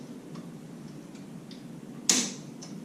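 A metal snap ring is worked over a part of a Tubeworks 1000 watt alternator install and sits on top of the ring, then snaps into its groove on the alternator/clutch assembly. Faint ticks come first, then a loud, sharp metallic snap at 2.1 s, followed by a smaller tick shortly after. The snap ring is seated in its groove.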